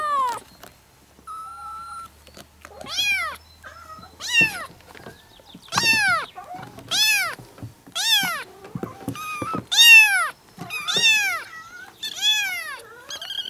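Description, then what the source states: Cat: kitten meows, shrill and arching, repeated roughly once a second many times after a short quiet start. Several kittens, meowing.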